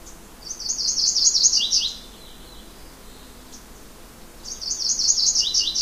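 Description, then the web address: Yellow-rumped warbler singing a bright, high, loosely trilled phrase that drops slightly at the end, repeated once after a pause of a few seconds. Common western North American species. "Know Your Bird Sounds Common Western Species. Yellow-rumped Warbler"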